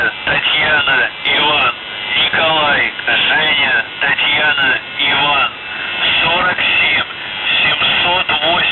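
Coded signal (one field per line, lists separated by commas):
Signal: numbers station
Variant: UVB-76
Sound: a male voice reading a message over a noisy, band-limited shortwave channel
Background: radio static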